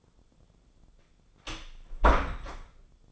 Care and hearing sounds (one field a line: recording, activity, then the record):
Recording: daily activity, microphone in the room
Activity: close door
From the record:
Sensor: 5